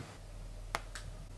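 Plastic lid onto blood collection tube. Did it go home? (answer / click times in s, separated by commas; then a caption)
yes / 0.8 s. A press-fit plastic lid, not a screw top, is pushed down onto a home-test blood collection tube. A sharp click at 0.8 s is followed by a softer click at 0.9 s. The lid is seated.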